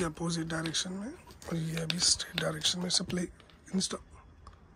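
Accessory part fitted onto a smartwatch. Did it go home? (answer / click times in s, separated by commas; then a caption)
no / none. An accessory part is fitted onto a CrossBeats Orbit Prism smartwatch in the straight direction while someone talks. The part has not gone home, and nothing has seated or clicked yet.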